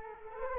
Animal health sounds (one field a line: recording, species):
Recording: mosquito wingbeat signal from an infrared sensor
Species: Culex quinquefasciatus